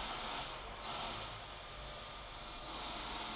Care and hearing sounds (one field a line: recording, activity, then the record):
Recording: daily activity, microphone in the room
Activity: vacuum cleaning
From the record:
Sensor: 5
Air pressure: 992.0 hPa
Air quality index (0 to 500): 175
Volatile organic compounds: 621 ppm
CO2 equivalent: 4959 ppm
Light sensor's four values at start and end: 30/104/38/41 and 30/104/38/41